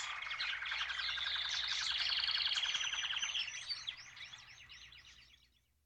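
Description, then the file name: Canary song of fast buzzy rolls and trills, shifting into quicker chirping notes before fading out near the end. "kanarienvögel"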